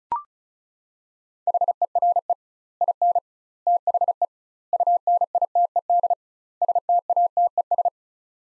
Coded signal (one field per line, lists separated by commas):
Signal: Morse code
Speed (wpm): 36 wpm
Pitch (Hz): 700 Hz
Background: none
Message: HERE IN THE UNITED STATES